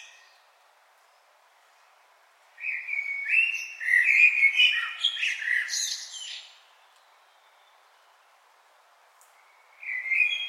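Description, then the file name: Common blackbird song: a low, fluted warbling phrase ending in a high squeaky twitter, then silence before another phrase begins near the end. "Turdus merula"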